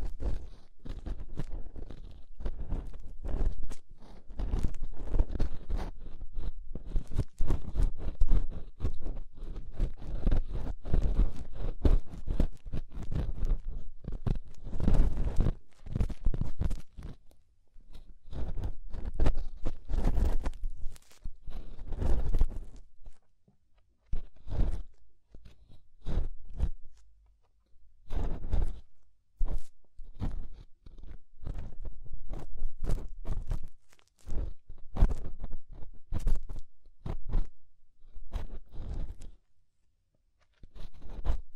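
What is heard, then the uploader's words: Dry scraping and crunching inside and around the ear, made of quick rough strokes that come in dense clusters. Busy and nearly continuous for the first twenty seconds, then broken into shorter bursts with brief silent gaps, the low rumble of contact underneath. Inner and Outer Ear Scraping (No Talking).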